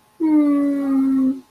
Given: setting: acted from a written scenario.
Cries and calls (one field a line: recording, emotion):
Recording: vocal sound without words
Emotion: confusion